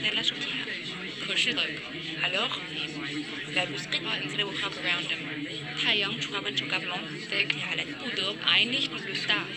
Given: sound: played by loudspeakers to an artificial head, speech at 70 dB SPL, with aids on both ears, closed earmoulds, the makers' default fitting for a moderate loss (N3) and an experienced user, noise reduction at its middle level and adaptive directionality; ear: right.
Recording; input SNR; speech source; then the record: speech test signal (ISTS) in cocktail-party noise; -6 dB; in front (0 degrees)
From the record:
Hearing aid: class 1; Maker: C